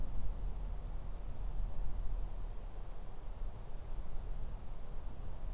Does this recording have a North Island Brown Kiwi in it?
no